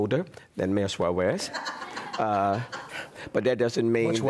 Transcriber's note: laughter